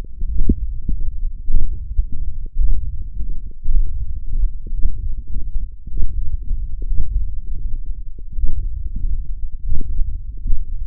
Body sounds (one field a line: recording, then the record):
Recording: forearm muscle sounds (acoustic myography)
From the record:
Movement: hand closing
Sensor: system 1, eight BSWA MPA416 microphones around the upper forearm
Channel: 5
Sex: male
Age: 21 years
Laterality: right